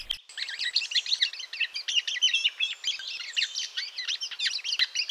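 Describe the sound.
Bird giving a rapid, jumbled chattering song of varied high chirps and squeaky notes, running almost without pause throughout.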